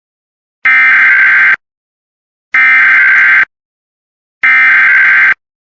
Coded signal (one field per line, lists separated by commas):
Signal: Emergency Alert System (SAME) tones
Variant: header bursts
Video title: My First Ever EAS Test Compilation! EAS Tests From Mid September 2025 (EAS 50-76) READ DESCRIPTION